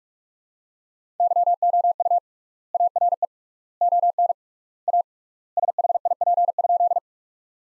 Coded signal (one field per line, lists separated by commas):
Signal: Morse code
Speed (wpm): 42 wpm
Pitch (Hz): 700 Hz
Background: none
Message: YOU ARE ON A SHIP?